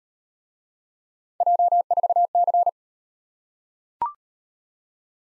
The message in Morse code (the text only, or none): J4C